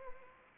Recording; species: mosquito wingbeat signal from an infrared sensor; Anopheles arabiensis